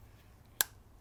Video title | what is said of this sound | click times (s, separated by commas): Complete Detailed GM TBI Injection System Rebuild With Brand New Injectors!! ALL ACDELCO PARTS!! | there we go there was an audible click that i heard when i pushed these both in so | 0.6 s